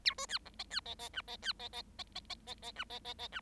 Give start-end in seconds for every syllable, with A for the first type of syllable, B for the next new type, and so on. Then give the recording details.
0.05-0.14 A, 0.18-0.26 B, 0.28-0.38 C, 0.45-0.49 D, 0.58-0.64 E, 0.70-0.80 C, 0.85-0.95 E, 0.99-1.09 E, 1.13-1.21 F, 1.27-1.37 E, 1.42-1.53 C, 1.59-1.69 E, 1.72-1.82 E, 1.98-2.03 E, 2.15-2.20 E, 2.29-2.35 E, 2.46-2.54 E, 2.62-2.71 E, 2.76-2.84 F, 2.90-2.99 E, 3.04-3.14 E, 3.18-3.28 E, 3.32-3.40 F. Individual Bird7